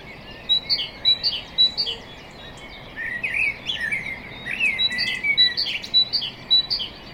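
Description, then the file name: Common blackbird calling with clipped, high chirps in rapid groups, a brief pause, then more chirps and sliding notes continuing steadily. "Turdus merula"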